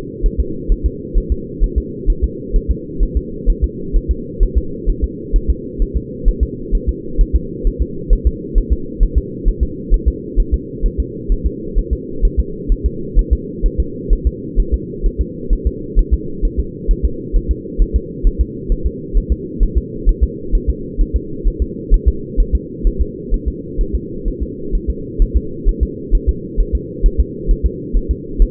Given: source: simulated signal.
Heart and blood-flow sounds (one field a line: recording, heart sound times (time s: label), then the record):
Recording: fetal heart sounds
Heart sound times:
0.26 s: S1
0.40 s: S2
0.72 s: S1
0.86 s: S2
1.18 s: S1
1.32 s: S2
1.64 s: S1
1.78 s: S2
2.10 s: S1
2.24 s: S2
2.56 s: S1
2.71 s: S2
3.03 s: S1
3.17 s: S2
3.50 s: S1
3.64 s: S2
3.96 s: S1
4.11 s: S2
4.43 s: S1
4.58 s: S2
4.90 s: S1
5.04 s: S2
5.36 s: S1
5.50 s: S2
5.82 s: S1
5.97 s: S2
6.28 s: S1
6.43 s: S2
6.75 s: S1
6.89 s: S2
7.21 s: S1
7.36 s: S2
7.67 s: S1
7.82 s: S2
8.13 s: S1
8.27 s: S2
8.58 s: S1
8.73 s: S2
9.03 s: S1
9.18 s: S2
9.48 s: S1
9.63 s: S2
9.94 s: S1
10.08 s: S2
10.40 s: S1
10.54 s: S2
10.86 s: S1
11.00 s: S2
11.32 s: S1
11.46 s: S2
11.78 s: S1
11.93 s: S2
12.25 s: S1
12.39 s: S2
12.72 s: S1
12.86 s: S2
13.19 s: S1
13.33 s: S2
13.66 s: S1
13.80 s: S2
14.13 s: S1
14.27 s: S2
14.60 s: S1
14.74 s: S2
15.06 s: S1
15.21 s: S2
15.53 s: S1
15.67 s: S2
15.99 s: S1
16.14 s: S2
16.45 s: S1
16.60 s: S2
16.91 s: S1
17.05 s: S2
17.36 s: S1
17.51 s: S2
17.82 s: S1
17.96 s: S2
18.27 s: S1
18.41 s: S2
18.72 s: S1
18.86 s: S2
19.17 s: S1
19.32 s: S2
19.63 s: S1
19.77 s: S2
20.09 s: S1
20.23 s: S2
20.55 s: S1
20.70 s: S2
21.01 s: S1
21.16 s: S2
21.48 s: S1
21.62 s: S2
21.94 s: S1
22.08 s: S2
22.40 s: S1
22.55 s: S2
22.87 s: S1
23.01 s: S2
23.34 s: S1
23.48 s: S2
23.81 s: S1
23.95 s: S2
24.28 s: S1
24.42 s: S2
24.75 s: S1
24.90 s: S2
25.22 s: S1
25.36 s: S2
25.69 s: S1
25.83 s: S2
26.15 s: S1
26.29 s: S2
26.60 s: S1
26.75 s: S2
27.06 s: S1
27.20 s: S2
27.51 s: S1
27.66 s: S2
27.97 s: S1
28.11 s: S2
28.42 s: S1
From the record:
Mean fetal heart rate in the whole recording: 130 bpm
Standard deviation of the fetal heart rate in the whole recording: 2 bpm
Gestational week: 38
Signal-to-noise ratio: -4.3 dB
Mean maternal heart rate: 72 bpm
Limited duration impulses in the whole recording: absent